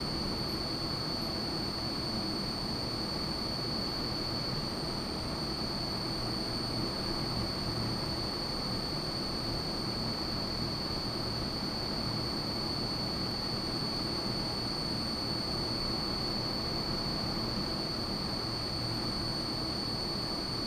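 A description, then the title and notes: A wind tunnel in an engineering fluids lab runs with a steady, dense roar that never changes over the whole stretch. A constant high whine rides on top of the rushing air, and a low machine hum sits underneath, loud throughout. Sounds of UCL: Engineering lab - Fluids lab wind tunnel. Chadwick Engineering Lab Fluids Lab Wind Tunnel Kim Morgan.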